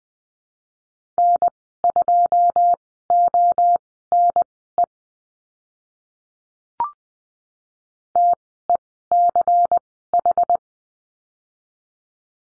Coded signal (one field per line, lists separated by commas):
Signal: Morse code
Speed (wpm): 20 wpm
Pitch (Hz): 700 Hz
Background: none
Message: N2ONE TECH